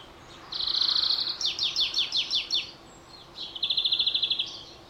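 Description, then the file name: European greenfinch singing a sustained rattling trill, followed by a series of falling notes and a second quick trill. "Chloris chloris"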